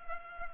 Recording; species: mosquito wingbeat signal from an infrared sensor; Culex pipiens